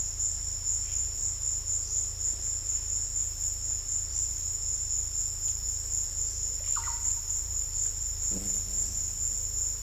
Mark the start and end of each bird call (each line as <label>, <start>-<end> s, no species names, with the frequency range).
bird call (0.5-2.8 kHz), 6.73-7.14 s